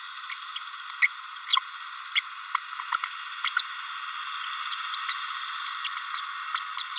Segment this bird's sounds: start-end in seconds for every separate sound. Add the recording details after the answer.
1.02-1.08, 1.49-1.56, 2.15-2.21, 2.92-2.96, 3.44-3.50, 3.56-3.63. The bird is a female. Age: 30 days. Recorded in a nest box in Venezuela. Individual 17B32A7